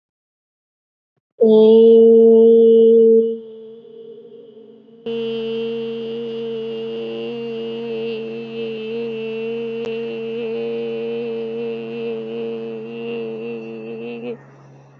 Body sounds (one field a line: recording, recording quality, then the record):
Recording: sustained vowel as in made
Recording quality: excellent, no background noise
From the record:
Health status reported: healthy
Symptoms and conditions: none ticked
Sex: female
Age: 22 years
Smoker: not ticked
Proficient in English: yes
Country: India